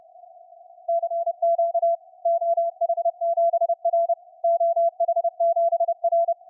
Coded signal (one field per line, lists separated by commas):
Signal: Morse code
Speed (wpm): 30 wpm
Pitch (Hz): 720 Hz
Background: none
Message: CQ OH7R OH7R